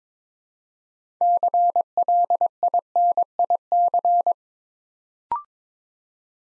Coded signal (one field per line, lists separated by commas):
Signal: Morse code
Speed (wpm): 22 wpm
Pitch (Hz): 700 Hz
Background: none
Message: CLINIC